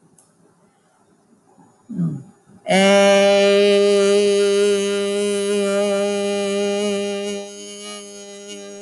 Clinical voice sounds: vowel held as long as possible; female; 50 to 59 years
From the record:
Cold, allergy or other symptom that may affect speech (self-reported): no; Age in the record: 58 years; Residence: Indiana, United States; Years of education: 12

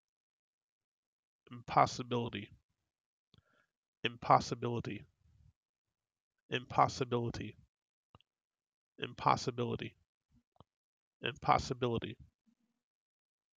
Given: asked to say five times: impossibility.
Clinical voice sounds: repeated word; male; 30 to 39 years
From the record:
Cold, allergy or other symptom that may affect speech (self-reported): no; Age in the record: 39 years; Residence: New York, United States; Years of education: 14

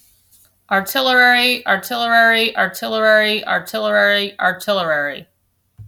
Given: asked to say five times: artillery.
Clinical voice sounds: repeated word; female; 30 to 39 years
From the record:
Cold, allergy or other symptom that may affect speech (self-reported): no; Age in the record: 30 years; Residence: Kansas, United States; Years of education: 16

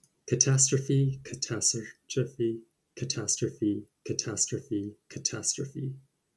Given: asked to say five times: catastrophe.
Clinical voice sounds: repeated word; male; 30 to 39 years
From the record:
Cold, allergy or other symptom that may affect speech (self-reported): no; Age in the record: 33 years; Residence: California, United States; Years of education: 16

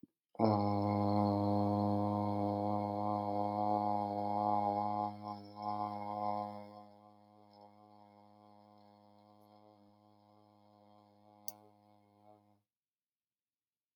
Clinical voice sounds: vowel held as long as possible; male; 30 to 39 years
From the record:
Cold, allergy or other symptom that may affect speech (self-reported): no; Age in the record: 32 years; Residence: Arizona, United States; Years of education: 16

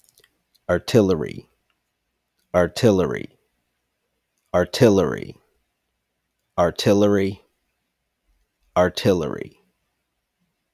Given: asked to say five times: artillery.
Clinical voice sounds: repeated word; male; 30 to 39 years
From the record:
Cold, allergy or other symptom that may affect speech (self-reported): no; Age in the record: 33 years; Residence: Georgia, United States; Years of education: 19

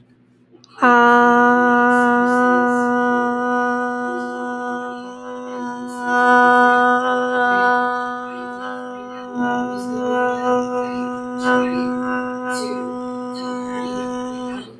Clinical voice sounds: vowel held as long as possible; female; 20 to 29 years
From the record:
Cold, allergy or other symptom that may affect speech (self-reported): no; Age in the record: 21 years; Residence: Connecticut, United States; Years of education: 15

